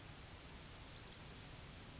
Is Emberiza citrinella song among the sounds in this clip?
yes